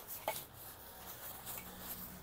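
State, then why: Seated. A toddler bed rail frame tube is pushed into its connector joint, and a short click at 0.3 s marks it locking into place. Quiet handling noise follows. The tube is seated.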